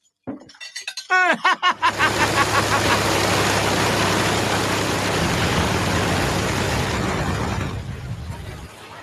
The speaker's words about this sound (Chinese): 好好声啊！有发动机啱使嘛？点啊？够劲够劲啊！